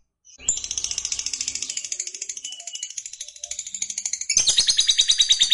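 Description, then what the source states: Lovebird chattering song: an unbroken, rapid, high-pitched trill that grows louder and harsher near the end. Fighter lovebird singing energetically (gacor).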